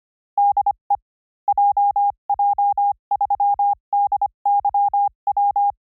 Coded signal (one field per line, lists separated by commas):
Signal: Morse code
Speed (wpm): 25 wpm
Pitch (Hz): 810 Hz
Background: none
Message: DE JJ3DYW